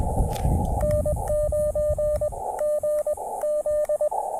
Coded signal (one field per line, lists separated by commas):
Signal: Morse code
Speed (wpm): 20 wpm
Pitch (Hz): 590 Hz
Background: radio noise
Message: N9GZ